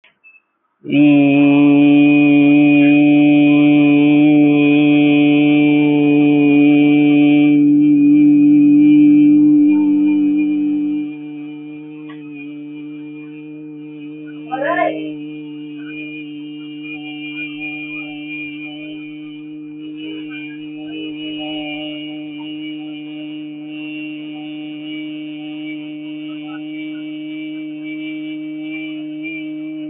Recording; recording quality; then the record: sustained vowel as in beet; excellent, no background noise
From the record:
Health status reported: healthy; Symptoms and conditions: none ticked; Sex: male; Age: 24 years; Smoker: not ticked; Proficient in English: yes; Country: India